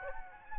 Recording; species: mosquito wingbeat signal from an infrared sensor; Aedes aegypti